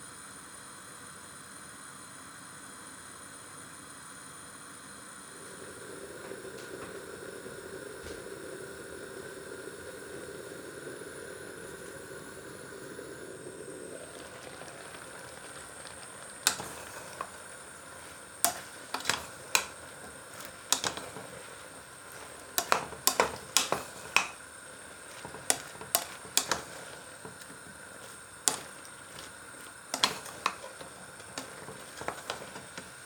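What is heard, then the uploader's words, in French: Apples for a compote are cooked and cut in a small kitchen over a steady low hum with a faint high whine. A soft simmering bubble rises from about 5 to 13 seconds, then sharp, irregular knife taps on a board follow from 16 seconds. Une recette sonore d'une compote de pommes.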